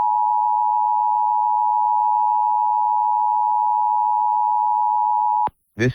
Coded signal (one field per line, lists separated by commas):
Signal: Emergency Alert System (SAME) tones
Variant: 853 and 960 Hz attention tone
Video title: [EAS #2737-#2740] NOAA Weather Radio RWT & Shasta RMT (10/18/23)